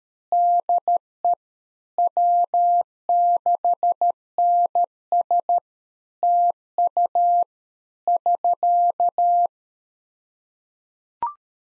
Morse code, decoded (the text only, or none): DE W6NS TU <SK>